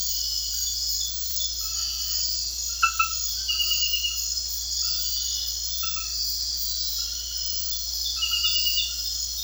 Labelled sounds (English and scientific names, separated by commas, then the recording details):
none
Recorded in secondary vegetation near Puerto Asís, Putumayo, Colombia, on 9 March 2025 at 23:30
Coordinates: 0.498, -76.327
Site G001